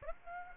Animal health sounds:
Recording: mosquito wingbeat signal from an infrared sensor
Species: Aedes aegypti

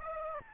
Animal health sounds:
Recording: mosquito wingbeat signal from an infrared sensor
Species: Aedes albopictus

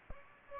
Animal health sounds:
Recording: mosquito wingbeat signal from an infrared sensor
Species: Aedes aegypti

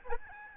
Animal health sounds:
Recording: mosquito wingbeat signal from an infrared sensor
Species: Aedes albopictus

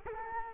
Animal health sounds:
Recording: mosquito wingbeat signal from an infrared sensor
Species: Culex quinquefasciatus

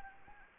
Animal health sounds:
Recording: mosquito wingbeat signal from an infrared sensor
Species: Anopheles gambiae

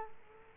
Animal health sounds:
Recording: mosquito wingbeat signal from an infrared sensor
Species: Culex quinquefasciatus

